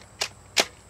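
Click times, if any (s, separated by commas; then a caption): none. A plastic dart clip is pushed into the left side of a Buzz Bee Destiny toy foam-dart air blaster, giving two short, bright plastic knocks at about 0.2 s and 0.6 s, the second louder. The clip goes in but does not latch, and nothing has clicked or locked into place, so it just sits loosely and may fall right out.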